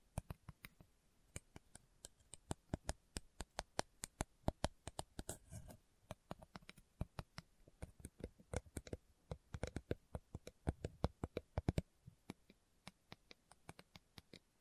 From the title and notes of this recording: ASMR Slow Tapping for Deep Sleep (No Talking).